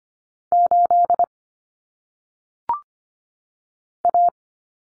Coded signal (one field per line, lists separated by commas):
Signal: Morse code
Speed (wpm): 25 wpm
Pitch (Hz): 700 Hz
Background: none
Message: 8 A